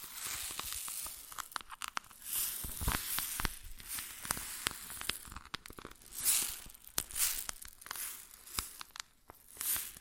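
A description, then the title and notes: Grain sounds: a dense, dry rustle of small grains shifting and pouring, with many sharp crackling clicks scattered throughout. The hiss swells and fades in waves, louder bursts around three, six and seven seconds, and a final surge near the end. ASMR Grain Sounds (No Talking).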